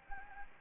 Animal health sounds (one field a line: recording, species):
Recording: mosquito wingbeat signal from an infrared sensor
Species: Anopheles gambiae